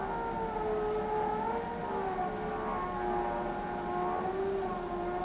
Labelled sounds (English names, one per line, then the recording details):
none
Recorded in pastures near Pivijay, Magdalena, Colombia, on 17 April 2023 at 02:00
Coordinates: 10.456, -74.369
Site P6-G026